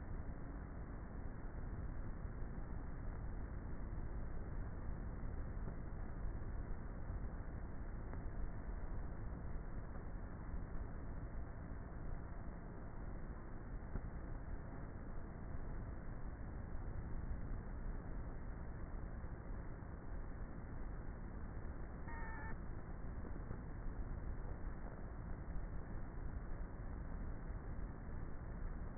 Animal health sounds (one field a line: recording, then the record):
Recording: honeybee colony, microphone inside the hive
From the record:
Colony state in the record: queenless with a low population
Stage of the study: before two queens were removed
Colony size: about 30,000 bees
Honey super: no